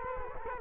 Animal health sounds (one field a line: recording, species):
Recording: mosquito wingbeat signal from an infrared sensor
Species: Culex quinquefasciatus